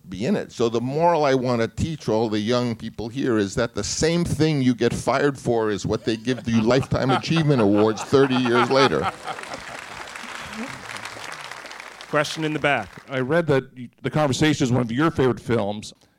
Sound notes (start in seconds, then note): 8.6 soundbite of applause; 9.2 soundbite of laughter